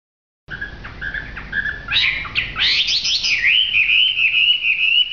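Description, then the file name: Hwamei song of varied whistled notes and quick slurred phrases building into a long, steady, slightly wavering whistle held to the end. Song described as gacor. "audio hwamei gacor. omkicau"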